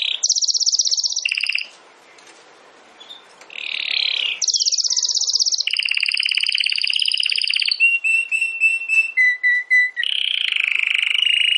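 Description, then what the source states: Domestic canary song: varied trilled phrases, a short pause, then long rolling trills shifting between pitches, a run of stepped descending notes, and a final trill. Belgian canary (Canário Belga) singing; title gives 'campainha'.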